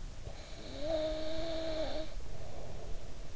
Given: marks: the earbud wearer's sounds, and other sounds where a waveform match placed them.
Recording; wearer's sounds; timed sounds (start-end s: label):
sounds in sleep by an in-ear microphone; snoring breath
0.16-3.34 s: snoring breath